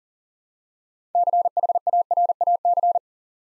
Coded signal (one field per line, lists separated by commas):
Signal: Morse code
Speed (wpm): 40 wpm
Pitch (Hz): 700 Hz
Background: none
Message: CHARAC